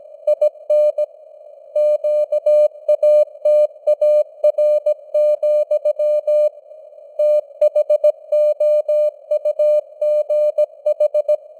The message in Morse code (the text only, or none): IN QATAR, THOUGH